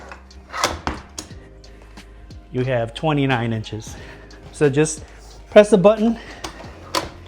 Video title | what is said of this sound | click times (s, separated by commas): Fanttik Zeta X6 Pro 6ft Folding Table - Review | it clicks into place. | 7.0 s